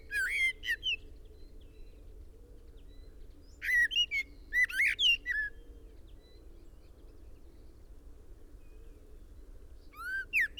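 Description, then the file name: Common blackbird song: short fluted phrases with scratchy high tails come at the start, mid-way and at the end, with long quiet gaps between them. "Turdus merula"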